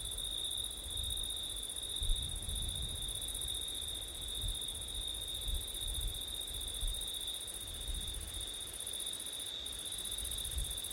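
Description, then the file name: Crickets trilling steadily at high pitch over a strong low rumble of wind. Crickets at night in September, with wind; ORTF microphone setup. "crickets wind september night ortif"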